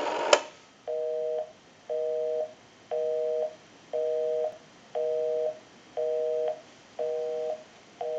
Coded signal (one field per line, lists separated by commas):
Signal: telephone call progress tone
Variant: North America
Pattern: busy tone